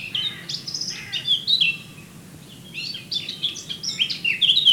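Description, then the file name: Eurasian blackcap song: two bursts of quick, scratchy warbling notes separated by a short pause, the second phrase ending in clearer whistled notes. "Sylvia atricapilla"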